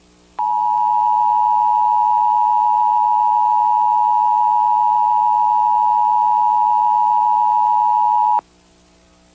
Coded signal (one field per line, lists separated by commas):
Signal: Emergency Alert System (SAME) tones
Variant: 853 and 960 Hz attention tone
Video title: Nueva York (2001) EAS Alarm + EAS Alarm YouTube